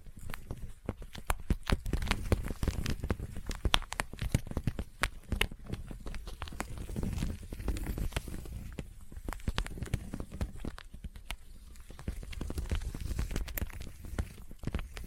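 Sticky tapping and sticky triggers form a dense, fast, irregular stream of sharp clicks and smacks over a low rumble, continuing throughout.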